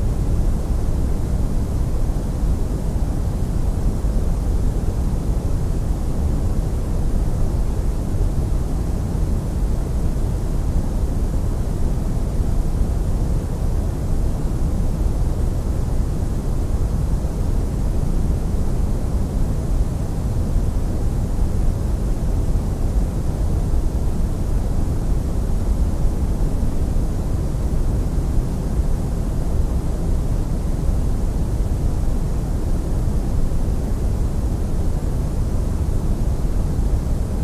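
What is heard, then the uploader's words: A steady, unbroken noise hiss with no events or changes across the whole span. The sound is weighted toward a deep, full rumble, with a softer airy wash above it, and the loudness stays perfectly level throughout. Pink Noise is a unique blend of White Noise and Brown Noise.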